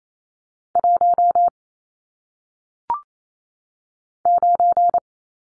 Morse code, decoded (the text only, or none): 1 9